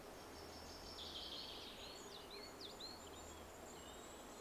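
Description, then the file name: European robin, faint and high-pitched, delivering short sliding whistles and a brief trill over constant background hiss. Possibly recorded on 18 September 2024. "Erithacus rubecula 240918"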